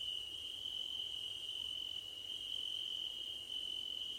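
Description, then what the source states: Cricket trilling continuously at a high, even pitch with gentle swells in loudness. Crickets at night under a starlit sky.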